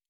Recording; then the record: hydrophone in a shrimp aquaculture tank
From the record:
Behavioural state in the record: normal